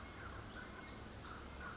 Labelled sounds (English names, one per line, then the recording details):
Pacific Wren
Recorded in Sonoma County, California